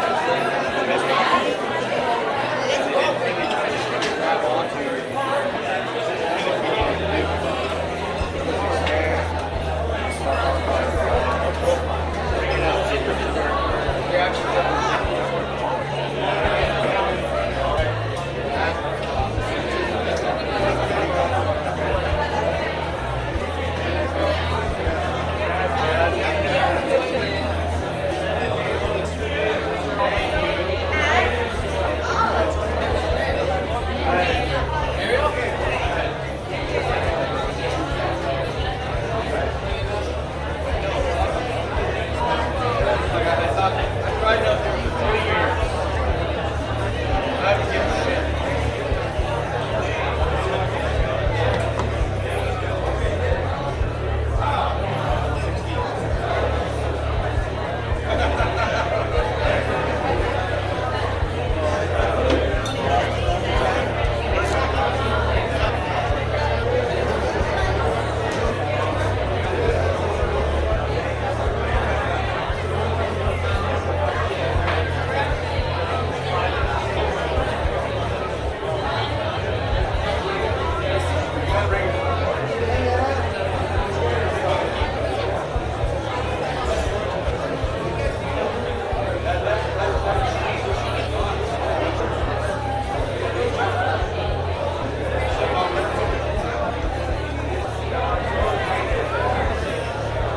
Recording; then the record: background sound without coughing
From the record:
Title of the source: CITY SOUNDS Busy Bar in the Evening Night - 2 HOURS of Ambiance for Relaxation